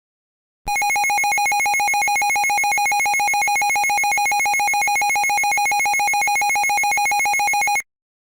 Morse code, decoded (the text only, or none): none